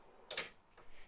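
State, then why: Released. Pulling down the blue handle on a drawer slide of a vehicle drawer system unlocks the drawer so it can be pulled out. A sharp click at 0.3 s is followed right away by a louder click at 0.4 s and a fainter, softer sound around 0.8 s. The drawer slide lock releases.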